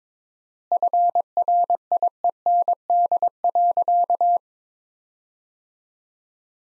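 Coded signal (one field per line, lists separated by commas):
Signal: Morse code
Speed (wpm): 22 wpm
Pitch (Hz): 700 Hz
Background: none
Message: FRIEND.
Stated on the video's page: Morse practice sentences from the top 300 words at 22 wpm with 4x word spacing, a Farnsworth-like method applied to words.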